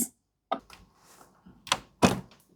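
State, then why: Seated. A portafilter holding ground coffee is inserted and turned into an espresso machine's group head until it locks with a thunk at 1.7 s. Other knocks and scrapes from the handling come at about 0.5 s and 0.7 s, and a louder clatter follows near 2.0 s. The portafilter ends up seated and locked in place.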